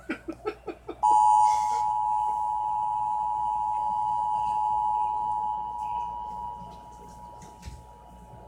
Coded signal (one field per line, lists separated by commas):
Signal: Emergency Alert System (SAME) tones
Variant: 853 and 960 Hz attention tone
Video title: Macusoper Kills the EAS Reporter